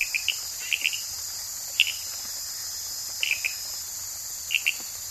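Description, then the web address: Sarayacu tree frog giving brief sharp, clicky chirps in pairs or threes, repeated irregularly, against a constant shrill insect drone. Recorded in the Ecuadorian Amazon. "Natures Songs. Frogs of Ecuadorian Amazon Hyla sarayacuensis"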